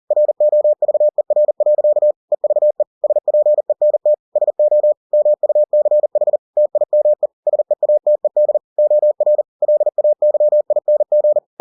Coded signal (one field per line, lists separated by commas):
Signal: Morse code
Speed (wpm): 40 wpm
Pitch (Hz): 600 Hz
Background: none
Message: ROVER. EVE SPENT SO MUCH TIME SEATED OR LAYING